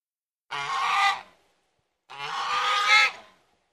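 Domestic goose: two long, coarse, blaring honks less than a second apart, each swelling slightly before it fades.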